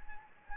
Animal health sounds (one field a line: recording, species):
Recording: mosquito wingbeat signal from an infrared sensor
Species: Anopheles gambiae